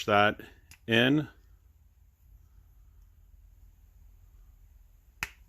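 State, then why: Seated. Someone talks, then a small green plastic locking piece is held with needle-nose pliers and pressed into a 2-pin plastic connector housing. After a quiet stretch, one sharp snap is heard at 5.2 seconds as the lock seats in, leaving it nice and secure.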